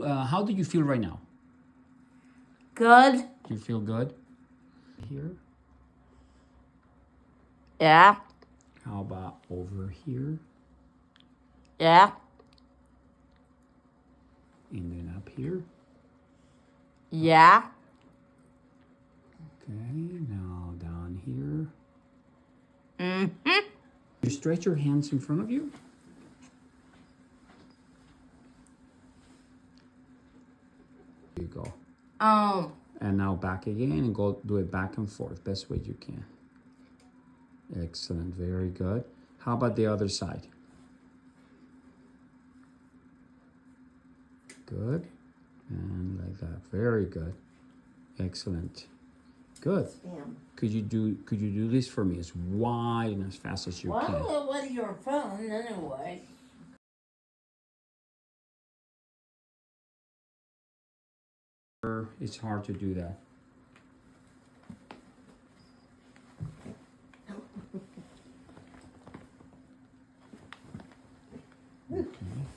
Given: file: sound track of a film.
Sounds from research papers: Features of dysarthria and speech and cerebellar ataxia of the more affected younger Sister 2 (now 47 years).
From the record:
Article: “Mini Molar Tooth” Sign in POLR3B ‐Associated Cerebellar Ataxia with Hypomyelinating Leukodystrophy

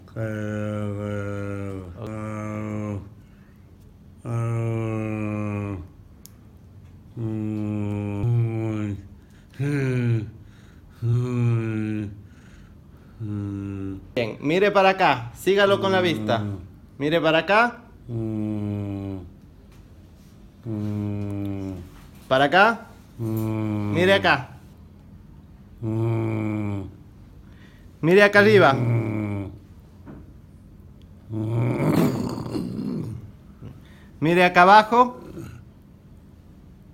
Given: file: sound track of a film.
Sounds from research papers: Neurological evaluation after four years of follow-up. The segment shows patient with ophthalmoplegia and purposeless moaning throughout the examination.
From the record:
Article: Moaning Phenomenon and Rapidly Progressive Dementia in Anti LGI-1 Associated Progressive Supranuclear Palsy Syndrome

